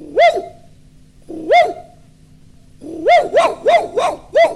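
A small dog barks in high, yappy bursts: two single barks spaced apart, then a rapid run of about five more, each bright and sharply rising then falling in pitch, with no talking.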